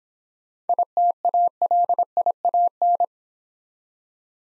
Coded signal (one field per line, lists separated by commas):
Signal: Morse code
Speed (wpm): 26 wpm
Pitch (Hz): 700 Hz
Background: none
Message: ITALIAN